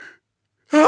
Sneeze.